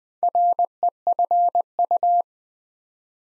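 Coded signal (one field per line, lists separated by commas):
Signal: Morse code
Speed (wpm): 20 wpm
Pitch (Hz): 700 Hz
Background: none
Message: REFU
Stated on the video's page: Morse practice set at 20 wpm building 6-letter words two letters at a time for instant character recognition.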